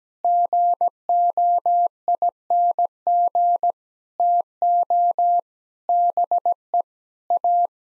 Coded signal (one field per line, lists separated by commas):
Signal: Morse code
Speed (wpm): 17 wpm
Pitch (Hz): 700 Hz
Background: none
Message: GOING TO BE A